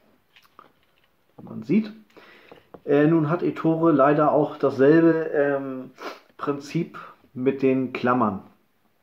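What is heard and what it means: A metal squeegee channel is being handled and pushed toward the clamp of a window-cleaning handle (an Ettore squeegee fitted with an Unger handle). Someone talks through most of the clip, with a few faint handling taps early on. The clip ends before the channel goes home, so nothing has seated or clicked yet.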